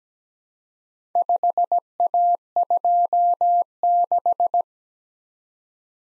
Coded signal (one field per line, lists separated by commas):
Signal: Morse code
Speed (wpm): 17 wpm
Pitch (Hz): 700 Hz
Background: none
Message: 5A26